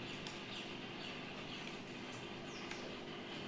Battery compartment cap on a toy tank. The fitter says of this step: Lock होतं इथं.